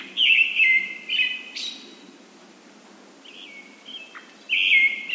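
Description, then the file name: Brown-headed thrush song: short phrases of two or three whistled notes, the first ending in a thin high note, with gaps between phrases. "akahara"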